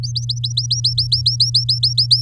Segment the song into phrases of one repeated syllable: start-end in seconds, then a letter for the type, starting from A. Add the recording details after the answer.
0.03-2.22 A. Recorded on 8 May 2018 at 19:49. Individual llb16